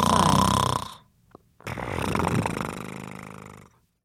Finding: Human snore.